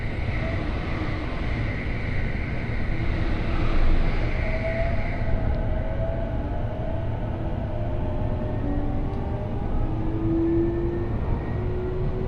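Inside a Joban Line local train running from Kita-Senju toward Abiko, a steady low rumble fills the whole clip. A high whine sounds for the first five seconds, then fades, while thin rising tones come and go from about six seconds onward.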